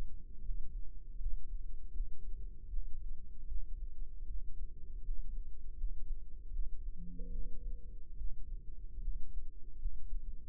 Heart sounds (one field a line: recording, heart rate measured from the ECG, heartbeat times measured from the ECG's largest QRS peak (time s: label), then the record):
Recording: heart sounds by microphone in the right ear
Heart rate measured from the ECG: 77 bpm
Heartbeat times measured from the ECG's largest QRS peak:
0.39 s: heartbeat
1.15 s: heartbeat
1.89 s: heartbeat
2.66 s: heartbeat
3.44 s: heartbeat
4.24 s: heartbeat
5.01 s: heartbeat
5.73 s: heartbeat
6.49 s: heartbeat
7.28 s: heartbeat
8.14 s: heartbeat
8.97 s: heartbeat
9.75 s: heartbeat
From the record:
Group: healthy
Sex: male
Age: 21 years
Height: 180 cm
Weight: 67.5 kg